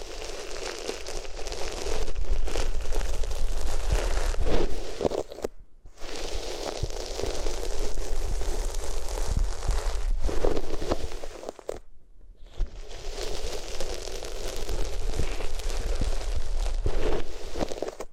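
Rubbing on different materials makes a dense, scratchy, crinkling sound with a steady low rumble beneath it. It comes in three long stretches, each broken by a brief silence around 5.5 and 12 seconds, and the texture swells and eases in irregular strokes.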